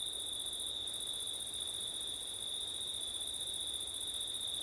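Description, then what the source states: Cricket chorus keeps up a constant high-pitched ringing trill, layered with a thinner, even higher shimmer that breaks briefly once, faint hiss underneath. Crickets on a September night, with wind; ortif (ORTF) microphone setup.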